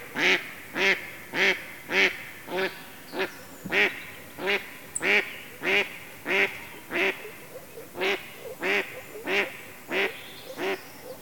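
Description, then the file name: Mallard quacking in a steady series of many harsh, nasal quacks, about one every 0.6 seconds, with a few brief pauses. "Digiffects Sound Effects Library - Mallard Duck Quacking"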